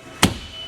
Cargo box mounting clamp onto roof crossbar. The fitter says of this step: that snaps into place and that is rock solid and i've only done one